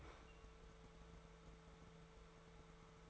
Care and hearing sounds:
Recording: daily activity, microphone in the room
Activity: open fridge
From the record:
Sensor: 3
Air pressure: 1014.9 hPa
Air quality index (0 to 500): 198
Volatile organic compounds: 27 ppm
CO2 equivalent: 2898 ppm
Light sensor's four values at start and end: 12/30/12/12 and 12/30/12/12

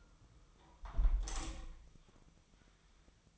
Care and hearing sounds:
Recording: daily activity, microphone in the room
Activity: close window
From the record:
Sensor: 1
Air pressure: 1004.6 hPa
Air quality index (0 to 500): 120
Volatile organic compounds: 4 ppm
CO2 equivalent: 1661 ppm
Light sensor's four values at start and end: 9/21/8/9 and 8/21/8/9

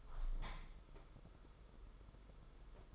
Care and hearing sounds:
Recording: daily activity, microphone in the room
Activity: open window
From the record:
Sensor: 5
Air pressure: 991.4 hPa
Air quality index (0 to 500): 107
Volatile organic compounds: 23 ppm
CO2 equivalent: 2782 ppm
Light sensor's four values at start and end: 39/125/47/51 and 39/126/47/51

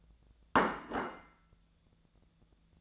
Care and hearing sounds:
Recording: daily activity, microphone in the room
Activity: place plate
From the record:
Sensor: 3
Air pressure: 1000.2 hPa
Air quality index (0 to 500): 140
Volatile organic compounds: 2 ppm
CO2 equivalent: 1246 ppm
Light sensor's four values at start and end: 34/85/36/39 and 34/84/36/39

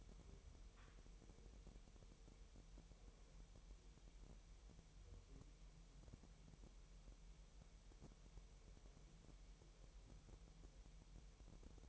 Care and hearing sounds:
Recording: daily activity, microphone in the room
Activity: wipe stove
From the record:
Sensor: 1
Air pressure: 1000.8 hPa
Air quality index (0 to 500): 248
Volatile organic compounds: 149 ppm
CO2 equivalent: 4017 ppm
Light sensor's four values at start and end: 11/28/11/12 and 11/27/11/12

